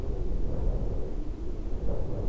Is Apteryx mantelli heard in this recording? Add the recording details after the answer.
no. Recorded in New Zealand on 2 February 2014. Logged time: 22:59. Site CA73